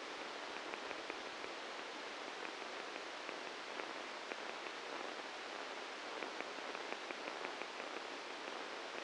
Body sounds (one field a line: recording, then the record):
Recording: brain microelectrode recording played as sound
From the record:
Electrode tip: inside the subthalamic nucleus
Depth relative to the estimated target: 1 mm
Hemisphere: right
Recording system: NeuroSet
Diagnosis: Parkinson's disease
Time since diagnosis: 7 years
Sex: male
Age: 44 years